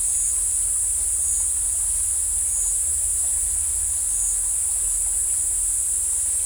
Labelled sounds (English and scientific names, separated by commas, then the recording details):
none
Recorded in dense forest near Puerto Asís, Putumayo, Colombia, on 20 December 2024 at 14:00
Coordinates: 0.467, -76.328
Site GP05